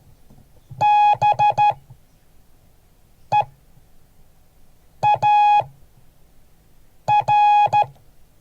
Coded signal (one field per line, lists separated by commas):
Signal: Morse code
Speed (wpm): 13 wpm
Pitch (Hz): 830 Hz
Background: none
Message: BEAR